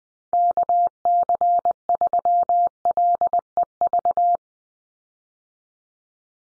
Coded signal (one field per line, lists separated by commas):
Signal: Morse code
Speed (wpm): 20 wpm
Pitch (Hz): 700 Hz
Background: none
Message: KC3LEV